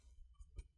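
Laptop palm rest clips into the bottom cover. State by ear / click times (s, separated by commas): not seated / none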